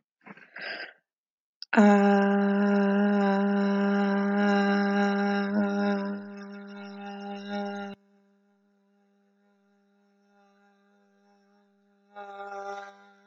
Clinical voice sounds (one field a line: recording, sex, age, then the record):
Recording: vowel held as long as possible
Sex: female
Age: 30 to 39 years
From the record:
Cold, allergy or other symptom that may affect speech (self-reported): no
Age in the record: 35 years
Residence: Pennsylvania, United States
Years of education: 16